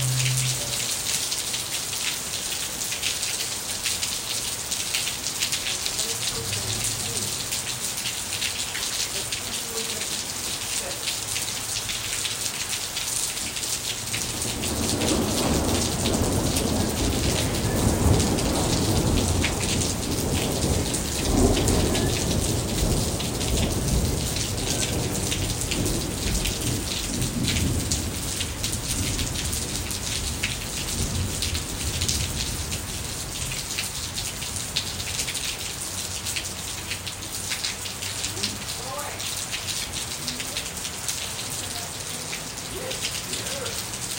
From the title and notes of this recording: The thunder started to roll and the rain began to fall. This was one of the biggest storms we've had all monsoon season, at least in central Phoenix.